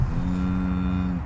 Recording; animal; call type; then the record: contact call of a hoofed animal; cattle; low-frequency (closed-mouth) or high-frequency (open-mouth) call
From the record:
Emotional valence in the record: negative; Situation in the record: full separation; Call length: 1.27 s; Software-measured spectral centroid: 1400 Hz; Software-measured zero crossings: 510 a second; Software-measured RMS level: -24 dBFS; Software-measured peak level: -11 dBFS